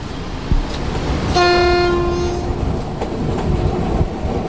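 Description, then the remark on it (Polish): Train number 41203, departing, sounds one long, steady horn blast over a continuous low rumble of rolling machinery, with a few faint clanks before and after. “Tak, podane są. 41203 odjazd.”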